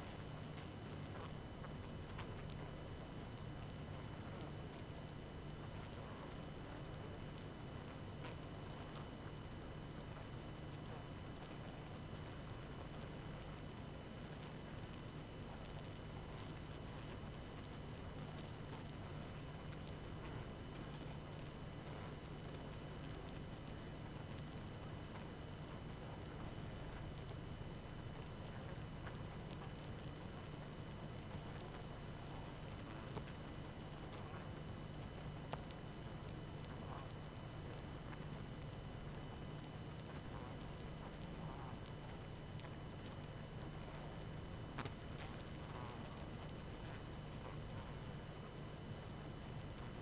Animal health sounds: honeybee colony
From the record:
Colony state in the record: active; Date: 12 June 2018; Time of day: 20:00

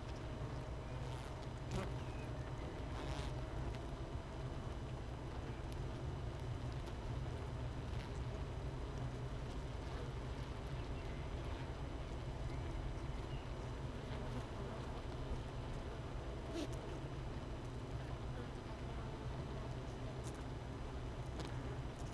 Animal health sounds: honeybee colony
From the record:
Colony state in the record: missing queen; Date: 31 May 2018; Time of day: 13:48

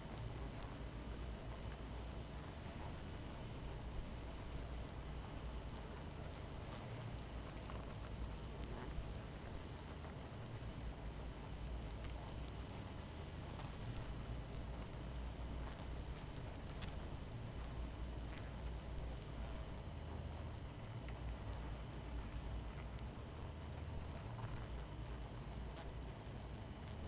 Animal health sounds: honeybee colony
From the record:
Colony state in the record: missing queen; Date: 14 July 2017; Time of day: 23:53

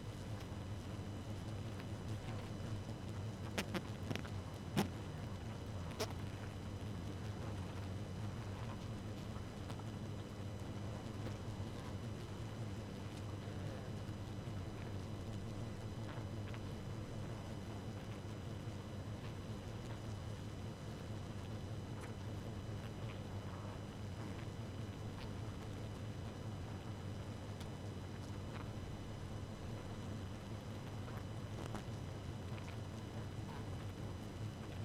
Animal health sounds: honeybee colony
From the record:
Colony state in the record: active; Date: 12 June 2018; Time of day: 0:59

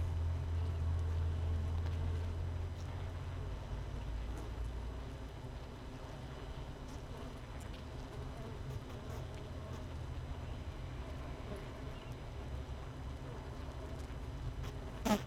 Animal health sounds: honeybee colony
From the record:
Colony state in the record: missing queen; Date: 31 May 2018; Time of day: 6:35

